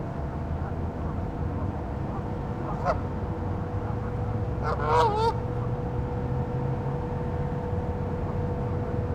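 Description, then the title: Goose: geese giving a couple of short nasal honks near the middle, over a steady low rumble and a constant droning hum. "neoscenes: geese"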